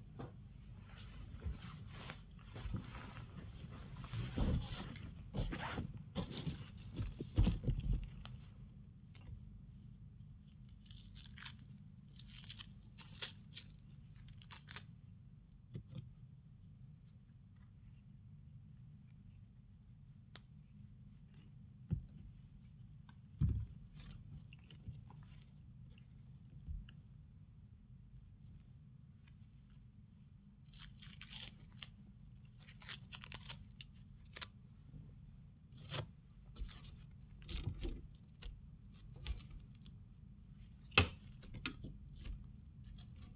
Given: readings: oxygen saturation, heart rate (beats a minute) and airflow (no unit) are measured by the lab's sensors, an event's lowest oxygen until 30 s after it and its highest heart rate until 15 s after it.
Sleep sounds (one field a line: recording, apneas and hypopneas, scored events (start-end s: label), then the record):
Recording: a person awake in a sleep study, by a smartphone at the bedside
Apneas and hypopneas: none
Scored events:
0.00-43.36 s: awake
From the record:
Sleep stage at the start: awake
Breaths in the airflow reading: 11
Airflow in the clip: -0.7 to 0.8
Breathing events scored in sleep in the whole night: 270 in 6.1 hours asleep